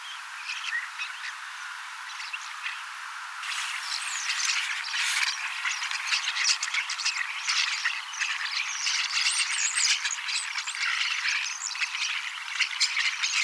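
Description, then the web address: Common starling song, quieter chatter at first, then a loud, steady wall of crackling, wheezy notes and whistles. Young starlings singing and practising song, mimicking several other species a little; 18 October 2024. "paivat 18 10 2024 kasittaakseni kottaraisnuoret laulavat lauluharjoittelevat useita lajeja matkivat hiukan"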